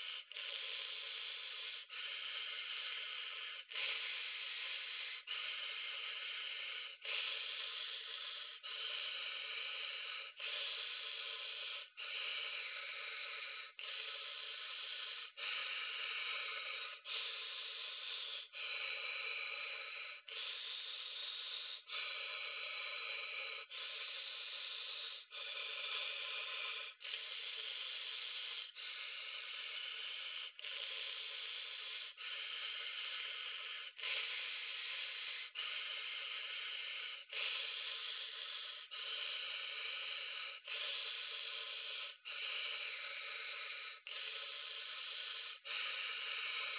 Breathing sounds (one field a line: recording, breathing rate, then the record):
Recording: paced breathing near a phone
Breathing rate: 18 breaths a minute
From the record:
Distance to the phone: 40 cm